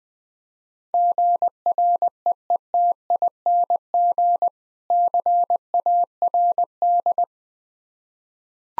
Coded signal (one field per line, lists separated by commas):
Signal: Morse code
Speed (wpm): 20 wpm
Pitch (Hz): 700 Hz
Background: none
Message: GREETING CARD